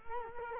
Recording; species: mosquito wingbeat signal from an infrared sensor; Culex quinquefasciatus